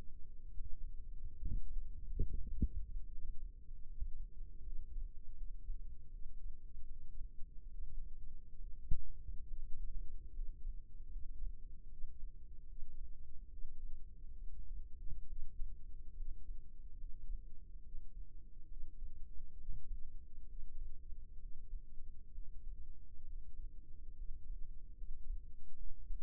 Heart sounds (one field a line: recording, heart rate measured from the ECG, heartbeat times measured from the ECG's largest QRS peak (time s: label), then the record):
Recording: heart sounds by microphone in the left ear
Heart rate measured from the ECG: 71 bpm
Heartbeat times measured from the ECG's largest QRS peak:
0.50 s: heartbeat
1.43 s: heartbeat
2.28 s: heartbeat
3.10 s: heartbeat
3.88 s: heartbeat
4.64 s: heartbeat
5.37 s: heartbeat
6.12 s: heartbeat
6.89 s: heartbeat
7.71 s: heartbeat
8.60 s: heartbeat
9.49 s: heartbeat
10.35 s: heartbeat
11.11 s: heartbeat
11.90 s: heartbeat
12.68 s: heartbeat
13.51 s: heartbeat
14.39 s: heartbeat
15.28 s: heartbeat
16.17 s: heartbeat
16.99 s: heartbeat
17.84 s: heartbeat
18.69 s: heartbeat
19.58 s: heartbeat
20.49 s: heartbeat
21.41 s: heartbeat
22.34 s: heartbeat
23.27 s: heartbeat
24.17 s: heartbeat
24.98 s: heartbeat
25.77 s: heartbeat
From the record:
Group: healthy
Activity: rest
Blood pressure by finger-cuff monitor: 95/61 mmHg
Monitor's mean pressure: 72 mmHg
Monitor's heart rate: 68 bpm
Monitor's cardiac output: 6.3 L/min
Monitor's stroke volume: 89 mL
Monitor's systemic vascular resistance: 810 dyn s/cm5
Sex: male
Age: 22 years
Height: 181 cm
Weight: 79 kg